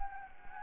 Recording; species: mosquito wingbeat signal from an infrared sensor; Anopheles gambiae